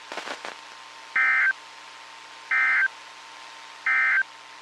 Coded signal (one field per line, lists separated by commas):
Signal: Emergency Alert System (SAME) tones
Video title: EAS 1777-1782 (5/3/22)